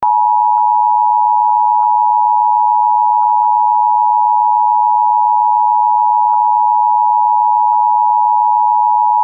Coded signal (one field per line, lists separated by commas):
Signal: Emergency Alert System (SAME) tones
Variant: 853 and 960 Hz attention tone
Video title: Abnormal EAS Activation 8/24/2012